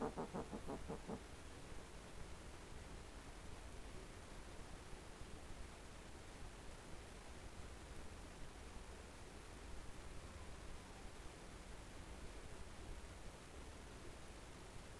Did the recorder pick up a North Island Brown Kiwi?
no